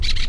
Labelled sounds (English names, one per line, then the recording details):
Brown-throated Parakeet contact call
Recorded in La Tortuga
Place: Isla La Tortuga
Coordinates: 10.925, -65.258